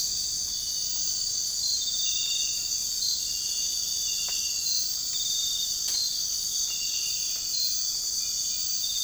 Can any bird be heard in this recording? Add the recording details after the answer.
no. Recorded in dense forest near Puerto Asís, Putumayo, Colombia, on 21 March 2025 at 04:30. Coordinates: 0.485, -76.318. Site G056